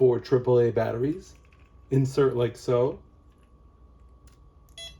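Someone talks while inserting 4 AAA batteries into the battery compartment of a We Lock digital keyless entry smart doorknob, with the plastic lid about to be pressed closed into the lock's interior housing. After the talking stops there is a low hum, then faint handling sounds around 4.3 s and a slightly louder one near 4.8 s. Nothing has seated or clicked yet.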